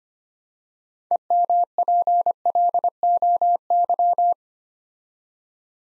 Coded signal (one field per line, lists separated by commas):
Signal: Morse code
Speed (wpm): 25 wpm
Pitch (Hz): 700 Hz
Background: none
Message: EMPLOY